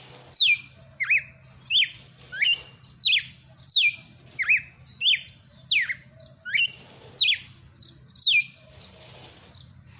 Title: Canto Galo Campina Fêmea 07. Galo de campina FENRIR no AÇOITE SELVAGEM